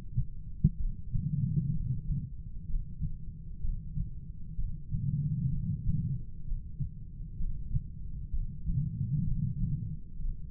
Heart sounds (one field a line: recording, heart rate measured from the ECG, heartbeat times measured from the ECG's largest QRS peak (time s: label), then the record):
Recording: heart sounds by stethoscope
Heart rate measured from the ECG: 64 bpm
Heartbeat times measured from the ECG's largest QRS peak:
0.79 s: heartbeat
1.74 s: heartbeat
2.69 s: heartbeat
3.63 s: heartbeat
4.58 s: heartbeat
5.52 s: heartbeat
6.46 s: heartbeat
7.39 s: heartbeat
8.32 s: heartbeat
9.26 s: heartbeat
10.20 s: heartbeat
From the record:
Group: heart failure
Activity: rest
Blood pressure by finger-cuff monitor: 121/83 mmHg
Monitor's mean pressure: 96 mmHg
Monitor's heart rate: 64 bpm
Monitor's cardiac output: 6 L/min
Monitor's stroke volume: 96 mL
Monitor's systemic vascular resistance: 1170 dyn s/cm5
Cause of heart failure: non-ischemic cardiomyopathy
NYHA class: 1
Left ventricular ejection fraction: 25%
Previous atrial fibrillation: present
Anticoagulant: apixaban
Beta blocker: bisoprolol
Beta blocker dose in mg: 7.5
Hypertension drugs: sacubitril-valsartan, spironolactone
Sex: male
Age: 48 years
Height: 183 cm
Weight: 96 kg